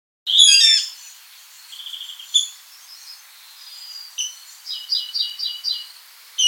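Water rail calls: a loud harsh burst of high notes, then scattered softer chirps and a quick run of repeated sharp notes near the end.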